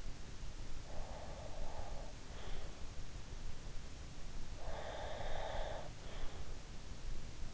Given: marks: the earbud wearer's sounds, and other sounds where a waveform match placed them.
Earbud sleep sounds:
sounds in sleep by an in-ear microphone; breath
0.89-2.82 s: breath
4.54-6.35 s: breath

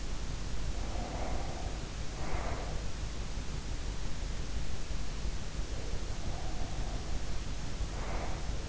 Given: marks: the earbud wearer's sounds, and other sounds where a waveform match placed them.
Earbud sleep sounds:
sounds in sleep by an in-ear microphone; breath
0.53-3.35 s: breath
5.38-8.69 s: sound from someone else or the room
6.16-8.69 s: breath

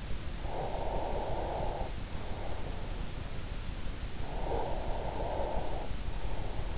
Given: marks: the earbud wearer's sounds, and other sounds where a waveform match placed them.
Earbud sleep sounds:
sounds in sleep by an in-ear microphone; breath, snoring breath
0.38-2.84 s: breath
4.16-6.73 s: snoring breath

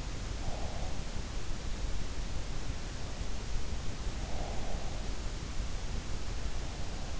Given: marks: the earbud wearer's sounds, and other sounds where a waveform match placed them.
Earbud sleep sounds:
sounds in sleep by an in-ear microphone; breath
0.00-0.98 s: breath
4.16-5.67 s: breath

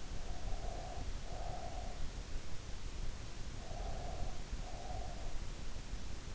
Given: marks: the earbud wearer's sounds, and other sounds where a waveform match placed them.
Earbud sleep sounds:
sounds in sleep by an in-ear microphone; breath
0.23-2.17 s: breath
3.66-5.40 s: breath

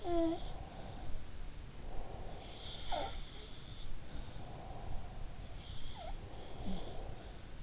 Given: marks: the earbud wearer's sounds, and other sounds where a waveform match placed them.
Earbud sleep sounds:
sounds in sleep by an in-ear microphone; breath
0.00-2.90 s: breath
4.28-7.42 s: breath
5.45-7.24 s: sound from someone else or the room

